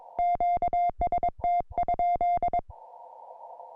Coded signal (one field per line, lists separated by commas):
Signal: Morse code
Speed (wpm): 22 wpm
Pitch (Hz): 2100 Hz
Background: music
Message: QST?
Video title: Introducing the CFT1 Compact Portable QRP CW Field Transceiver #hamradio